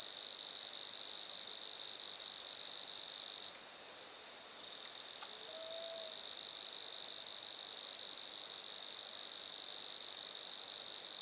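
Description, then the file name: Grasshopper buzzing: a shrill, pulsed trill stops for about a second, then the steady buzz resumes and a short soft whistle sounds. Lac-à-François, Montcerf-Lytton, Quebec, Canada. "criquets-grasshoppers- -lac-acc 80-franccca 7 ois-montcerf-lytton-quecc 81 bec-canada"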